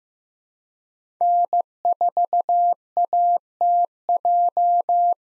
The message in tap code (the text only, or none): none